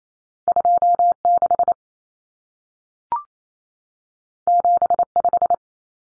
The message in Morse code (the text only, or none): 26 75